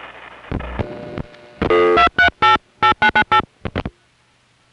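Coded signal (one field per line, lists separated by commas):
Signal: DTMF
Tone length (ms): 100 ms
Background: music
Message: 2388998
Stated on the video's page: Recorded on the old telephone network at a #5 Crossbar exchange in Van Nuys.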